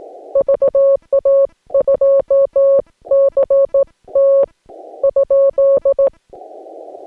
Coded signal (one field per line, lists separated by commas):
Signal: Morse code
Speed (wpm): 17 wpm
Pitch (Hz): 550 Hz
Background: none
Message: VA2CT ?